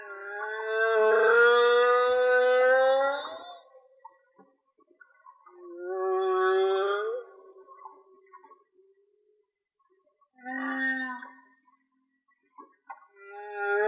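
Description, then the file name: Whale song: a long harmonic moan rising slightly at its end, then a shorter upswept moan and briefer calls, separated by quiet gaps. "Whale Song-colin"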